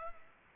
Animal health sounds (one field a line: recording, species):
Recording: mosquito wingbeat signal from an infrared sensor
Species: Culex pipiens